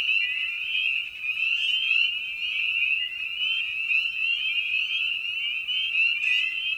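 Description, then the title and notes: Spring peeper chorus with loud, rapid, high rising peeps from numerous frogs forming an unbroken shrill drone. Evening at a frog pond; presented in a modified format intended as a sleep aid. "Episode 5: Night of the Peepers. frog pond. Spring Peeper (Pseudacris crucifer). Ian Carlsen"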